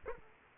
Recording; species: mosquito wingbeat signal from an infrared sensor; Aedes aegypti